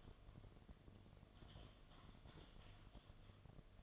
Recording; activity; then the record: daily activity, microphone in the room; typing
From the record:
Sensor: 4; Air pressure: 1005.2 hPa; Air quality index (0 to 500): 182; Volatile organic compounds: 5 ppm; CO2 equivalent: 1791 ppm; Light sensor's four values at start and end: 6/12/5/4 and 6/12/5/4